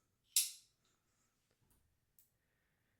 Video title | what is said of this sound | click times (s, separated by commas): How do you clean and care for your pistol! | And then I push back till it clicks in. | 0.4 s